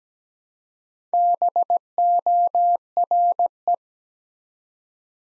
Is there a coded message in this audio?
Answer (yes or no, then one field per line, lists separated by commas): yes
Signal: Morse code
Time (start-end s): 1.1-3.8 s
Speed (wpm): 17 wpm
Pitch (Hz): 700 Hz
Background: none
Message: BORE